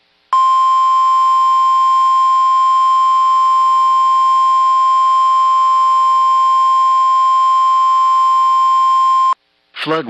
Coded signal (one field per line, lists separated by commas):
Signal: Emergency Alert System (SAME) tones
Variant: 1050 Hz attention tone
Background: speech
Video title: (EAS #4) WTAP Pinpoint Weather - Flood Warning (2/3/2022)